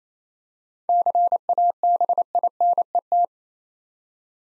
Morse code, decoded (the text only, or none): CABINET